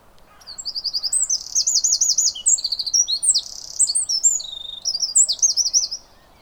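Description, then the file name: Eurasian wren delivering an energetic, high trilling song of rapid rattles and piercing notes for about five and a half seconds, ending suddenly; soft background noise. "Troglodytes troglodytes"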